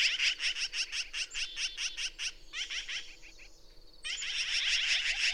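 Bird song of rapid, buzzy high notes, pausing briefly, then resuming as a dense chattering burst.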